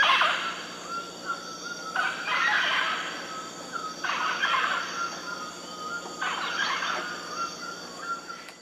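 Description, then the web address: Mealy amazon flight calls: loud, harsh, grating squawks in bursts roughly every two seconds, with a faint steady tone running beneath. Flight calls; eastern lowlands of South America. "Natures Songs S America Eastern Lowlands Amazona farinosa, flight calls"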